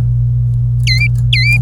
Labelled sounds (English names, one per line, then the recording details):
Domestic Canary song
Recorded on 26 April 2018 at 08:45
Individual llb3